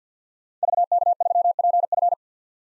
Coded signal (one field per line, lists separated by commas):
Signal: Morse code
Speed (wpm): 50 wpm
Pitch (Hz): 700 Hz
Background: none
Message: VK3PF